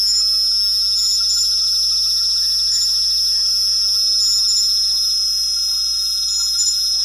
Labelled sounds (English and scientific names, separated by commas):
none